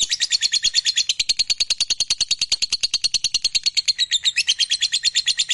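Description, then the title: Lovebird song, a fast continuous stream of high shrill chirps. Fighter-type lovebird, described as gacor, singing energetically. "Berkat SUARA Lovebird FIGHTER GACOR Ini"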